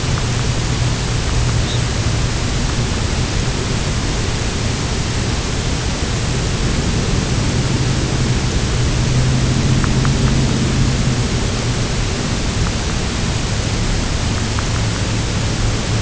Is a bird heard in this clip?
yes